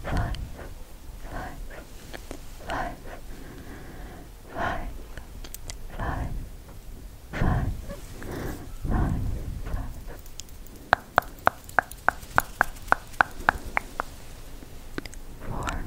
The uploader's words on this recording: ASMR Hand Movements, Tongue clicking, Personal Attention.